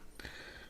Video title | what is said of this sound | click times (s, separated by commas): Oneleaf Mars MT1000 LRF Thermal Scope Review And Giveaway!! | and rotate it round to the lock position until you hear it go lock into place. | 0.2 s